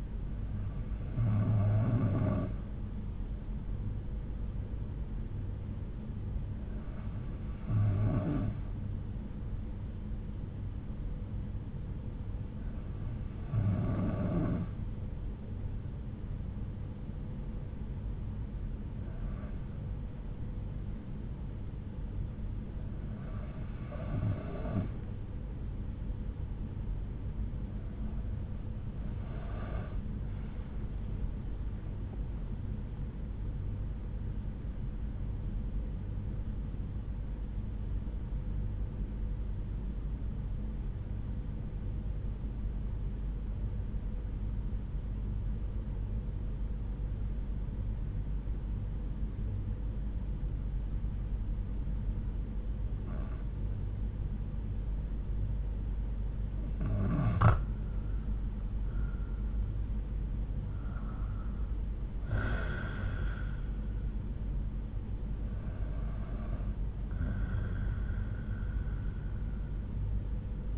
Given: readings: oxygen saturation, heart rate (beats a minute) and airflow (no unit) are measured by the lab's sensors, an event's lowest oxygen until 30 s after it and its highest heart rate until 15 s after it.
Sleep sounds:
breathing in sleep by a smartphone at the bedside; 2
4.00-30.00 s: hypopnea (N2, oxygen 93% highest, then 92% lowest)
21.00-70.78 s: new sleep stage, N1 (lightest sleep)
40.00-54.50 s: obstructive apnea (N1, oxygen 94% highest, then 89% lowest)
From the record:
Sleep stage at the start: N2 (light sleep); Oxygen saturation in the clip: 91 to 96%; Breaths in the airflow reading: 10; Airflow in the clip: -12.9 to 14.8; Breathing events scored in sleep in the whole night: 368 in 8.0 hours asleep

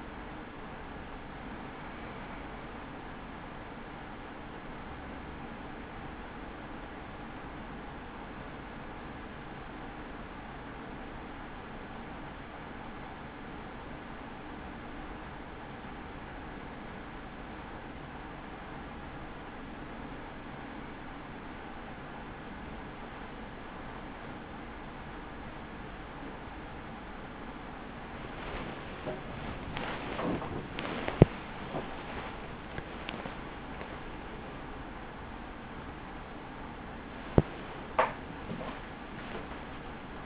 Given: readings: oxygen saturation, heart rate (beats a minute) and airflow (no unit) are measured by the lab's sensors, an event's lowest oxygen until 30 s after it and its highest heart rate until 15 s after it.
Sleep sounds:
breathing in sleep by a voice recorder at the bedside; 1
7.00-31.80 s: hypopnea (N2, oxygen 95% highest, then 94% lowest)
From the record:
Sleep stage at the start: N2 (light sleep); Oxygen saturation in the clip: 94 to 96%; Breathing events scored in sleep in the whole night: 83 in 6.1 hours asleep

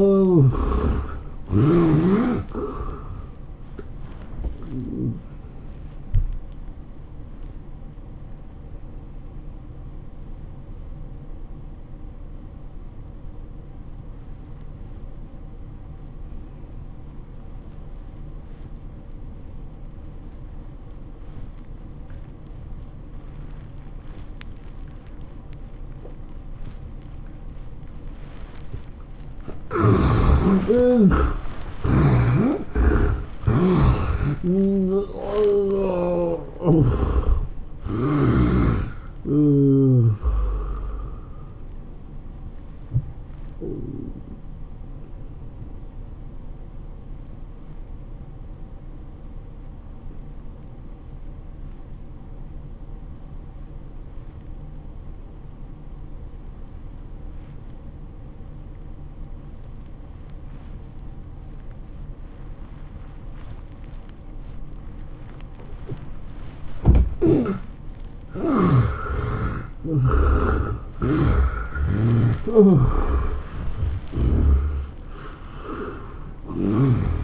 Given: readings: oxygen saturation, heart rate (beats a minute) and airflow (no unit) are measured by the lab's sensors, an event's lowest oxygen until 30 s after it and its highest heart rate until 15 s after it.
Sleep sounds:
breathing in sleep by a smartphone at the bedside; 2
4.00-30.40 s: hypopnea (N1, oxygen 95% highest, then 69% lowest, heart rate 110 at the start, 113 highest)
47.00-66.30 s: obstructive apnea (N1, oxygen 94% highest, then 64% lowest, heart rate 92 at the start, 111 highest)
From the record:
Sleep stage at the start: N1 (lightest sleep); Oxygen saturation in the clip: 69 to 95%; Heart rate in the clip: 79 to 113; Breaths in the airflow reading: 9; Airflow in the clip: -16.9 to 13.0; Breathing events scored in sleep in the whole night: 403 in 5.5 hours asleep

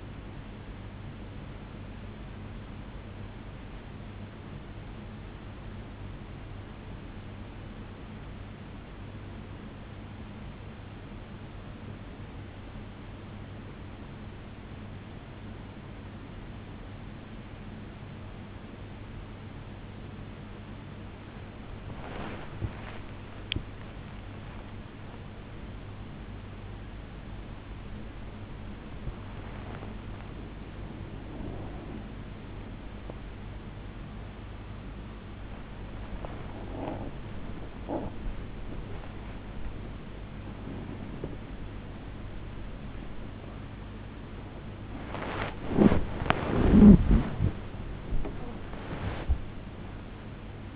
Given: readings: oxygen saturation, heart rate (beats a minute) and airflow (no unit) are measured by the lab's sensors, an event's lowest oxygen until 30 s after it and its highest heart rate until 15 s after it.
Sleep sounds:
breathing in sleep by a voice recorder at the bedside; 1
4.00-24.70 s: hypopnea (N3, oxygen 93% highest, then 93% lowest, heart rate 69 at the start, 97 highest)
12.00-50.76 s: new sleep stage, N2 (light sleep)
From the record:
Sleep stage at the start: N3 (deep sleep); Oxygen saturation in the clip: 93 to 95%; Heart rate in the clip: 68 to 108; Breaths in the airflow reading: 14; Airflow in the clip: -7.6 to 12.0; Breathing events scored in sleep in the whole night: 103 in 8.4 hours asleep

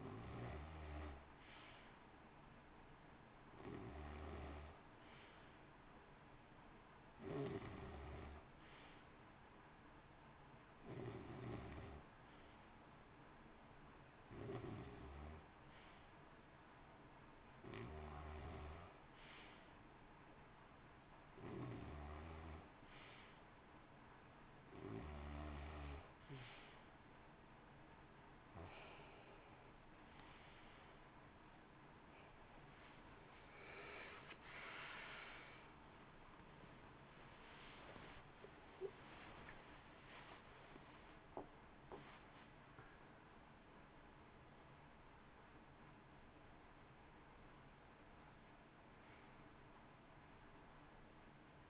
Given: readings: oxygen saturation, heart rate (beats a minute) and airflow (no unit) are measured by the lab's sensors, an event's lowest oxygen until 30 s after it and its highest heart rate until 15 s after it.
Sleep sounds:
a person awake in a sleep study, by a voice recorder at the bedside; 1
14.00-33.10 s: hypopnea (N2, oxygen 93% highest, then 92% lowest, heart rate 57 at the start, 71 highest)
24.00-51.70 s: new sleep stage, awake
25.00-51.70 s: awake
From the record:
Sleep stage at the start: N2 (light sleep); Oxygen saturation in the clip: 91 to 93%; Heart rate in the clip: 57 to 71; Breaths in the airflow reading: 13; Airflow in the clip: -1.3 to 1.9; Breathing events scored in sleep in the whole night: 328 in 6.3 hours asleep

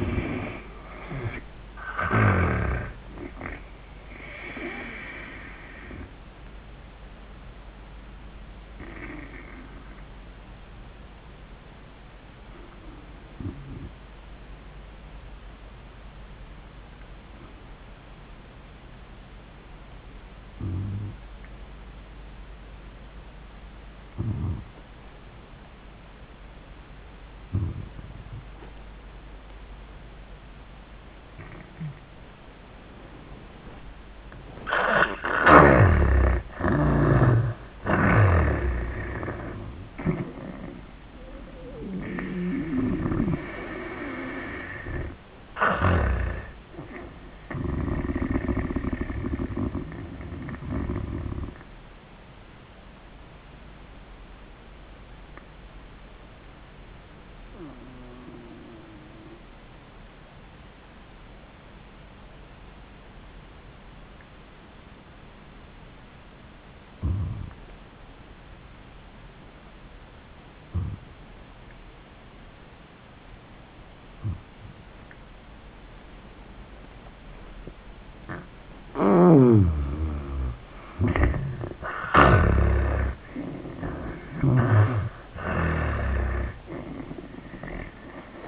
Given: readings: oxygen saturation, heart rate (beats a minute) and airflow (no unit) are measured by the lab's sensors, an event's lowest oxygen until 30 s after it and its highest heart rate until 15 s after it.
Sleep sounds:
breathing in sleep by a voice recorder at the bedside; 2
8.00-37.50 s: obstructive apnea (N2, oxygen 97% highest, then 81% lowest)
39.00-88.48 s: new sleep stage, N1 (lightest sleep)
52.00-77.40 s: obstructive apnea (N1, oxygen 96% highest, then 77% lowest, heart rate 79 at the start, 91 highest)
From the record:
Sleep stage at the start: N2 (light sleep); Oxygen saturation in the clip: 81 to 97%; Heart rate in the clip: 70 to 90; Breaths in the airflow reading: 5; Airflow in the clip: -20.6 to 23.2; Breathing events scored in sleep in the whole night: 400 in 8.7 hours asleep

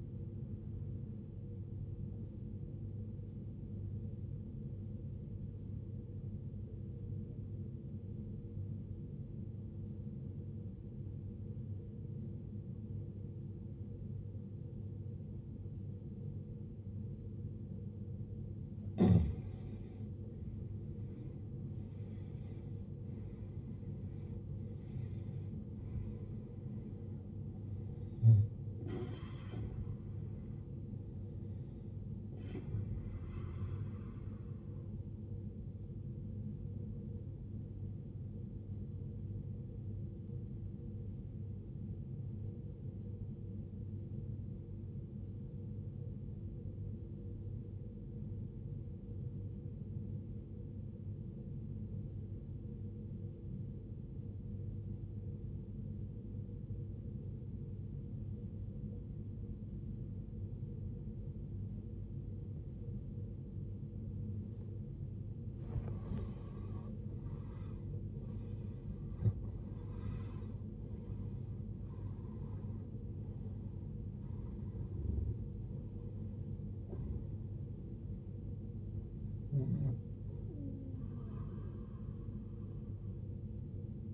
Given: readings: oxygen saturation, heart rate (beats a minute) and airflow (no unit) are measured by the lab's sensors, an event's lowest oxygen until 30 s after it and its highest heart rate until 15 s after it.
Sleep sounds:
breathing in sleep by a smartphone at the bedside; 2
3.00-20.80 s: obstructive apnea (N1, oxygen 95% highest, then 85% lowest, heart rate 57 at the start, 73 highest)
40.00-66.20 s: obstructive apnea (N1, oxygen 94% highest, then 84% lowest, heart rate 51 at the start, 77 highest)
From the record:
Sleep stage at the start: N1 (lightest sleep); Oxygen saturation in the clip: 80 to 95%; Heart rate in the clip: 51 to 77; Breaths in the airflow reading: 11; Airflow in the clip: -19.7 to 19.1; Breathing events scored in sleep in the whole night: 389 in 6.3 hours asleep

